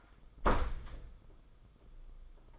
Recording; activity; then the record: daily activity, microphone in the room; close door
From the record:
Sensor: 5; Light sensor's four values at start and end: 27/64/26/29 and 26/63/26/28